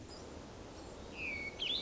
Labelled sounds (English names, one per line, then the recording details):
Hermit Thrush
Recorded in Sonoma County, California